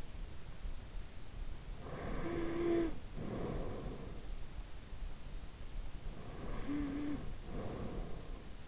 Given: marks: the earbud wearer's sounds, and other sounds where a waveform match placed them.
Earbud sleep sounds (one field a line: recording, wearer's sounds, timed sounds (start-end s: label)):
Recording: sounds in sleep by an in-ear microphone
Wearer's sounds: snoring breath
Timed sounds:
1.60-4.32 s: snoring breath
6.29-8.68 s: snoring breath